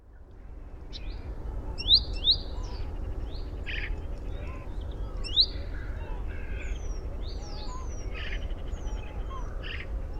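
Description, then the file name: Great tit calling with scattered sharp, rising chirps and a few harsh, buzzy notes, irregularly spaced, over a strong low rumbling background. "Parus major"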